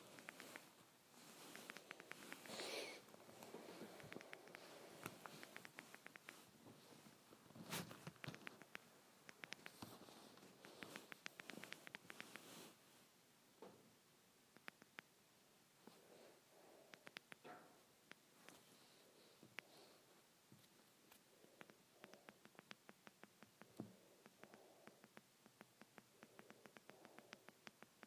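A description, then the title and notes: Small volume buttons on ear buds are pressed over and over, giving sharp little clicks. For the first twelve seconds the clicks come fast and dense over a rustling, scratchy handling noise; afterward the handling quiets and the clicks fall into sparser, irregular bursts. Volume Buttons (on Ear Buds).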